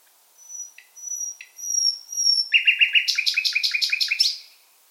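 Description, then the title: Common nightingale singing: sustained high whistles lead into a rapid series of rich repeated notes, ending in a loud pulsing trill. Singing in full voice; species migrates from Africa. "LS REVISITED - NIGHTINGALE IN FULL VOICE"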